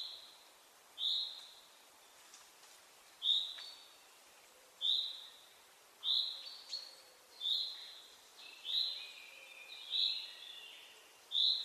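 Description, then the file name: Common chaffinch calls: short bright notes repeated in a steady series. "Fringilla coelebs"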